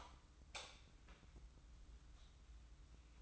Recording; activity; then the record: daily activity, microphone in the room; light off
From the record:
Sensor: 3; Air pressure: 994.4 hPa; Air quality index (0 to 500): 210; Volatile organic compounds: 1000 ppm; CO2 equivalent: 7015 ppm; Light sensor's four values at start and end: 183/442/185/181 and 164/393/164/159